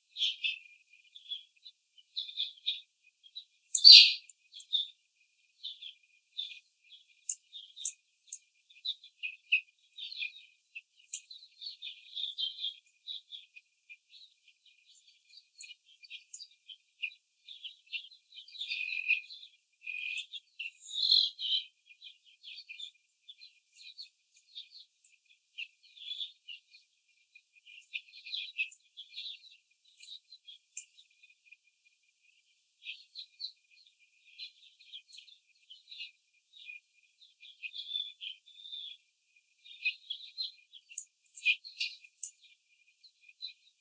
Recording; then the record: young laying hens in a cage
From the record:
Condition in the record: after the stressor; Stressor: simulated dog barking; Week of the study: 4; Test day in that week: 3